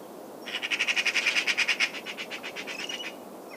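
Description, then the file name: Eurasian magpie making one long, harsh, machine-gun rattle of rapid pulses, loudest in the first half and fading toward the end. "Pica pica"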